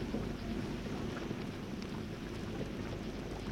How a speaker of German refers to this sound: Die ersten Hagelkörner. Sie prasseln herunter wie gefrorener Kies.